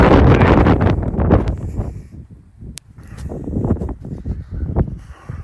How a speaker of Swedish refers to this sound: Fan, nu blåser det lite för mycket för att det ska kunna bli något.